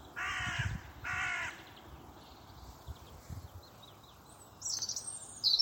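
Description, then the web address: Bird calls: two harsh, buzzy notes in quick succession, followed by faint high chirps. "cianscape birddata Deverinetal 2025 File origin Bird Only"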